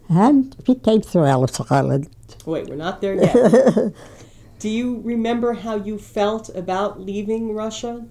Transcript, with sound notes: And we came through Ellis Island.
Wait, we're not there yet. (laughs) Do you remember how you felt about leaving Russia?